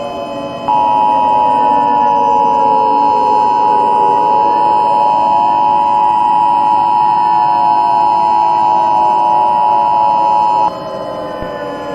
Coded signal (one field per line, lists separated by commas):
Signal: Emergency Alert System (SAME) tones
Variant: 853 and 960 Hz attention tone